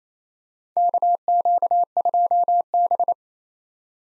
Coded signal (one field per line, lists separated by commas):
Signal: Morse code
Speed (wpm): 27 wpm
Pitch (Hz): 700 Hz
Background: none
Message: KQ2B